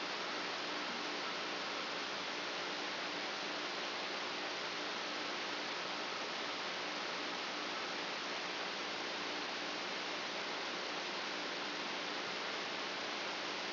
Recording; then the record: brain microelectrode recording played as sound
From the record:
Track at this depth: outside the subthalamic nucleus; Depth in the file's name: 8.428 mm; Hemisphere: left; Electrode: 2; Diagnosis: Parkinson's disease